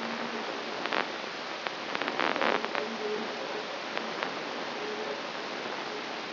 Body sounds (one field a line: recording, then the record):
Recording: brain microelectrode recording played as sound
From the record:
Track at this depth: inside the subthalamic nucleus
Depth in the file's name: 2.945 mm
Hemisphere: right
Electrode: 3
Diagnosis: Parkinson's disease